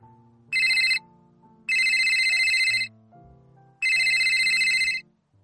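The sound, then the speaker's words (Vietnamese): A mobile phone on a tea table plays a ringtone of three loud, bright electronic bursts, each about a second long, with a soft, low melodic tune running underneath. No one speaks. “Lâm Duyệt Phi vừa định nói nàng chỉ là nói đùa thì thấy Cố Nghiên Thu đặt ngón trỏ lên miệng, vươn tay qua bàn trà lấy điện thoại đem treo ầm ĩ.”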